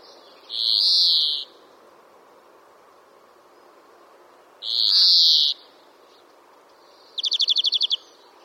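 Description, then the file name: European greenfinch gives two drawn-out buzzy wheezes, then a quick rattling trill of rapid notes at the end. "Chloris chloris"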